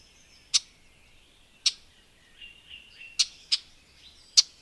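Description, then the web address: Red-backed shrike uttering short, rasping chack notes, five in under five seconds, two close together, over a quiet, scratchy twittering in the background. "agykontroll Madardalok Cd 2. Tövisszúró gébics"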